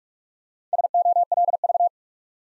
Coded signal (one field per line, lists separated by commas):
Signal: Morse code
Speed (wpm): 44 wpm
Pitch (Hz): 700 Hz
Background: none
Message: SOLV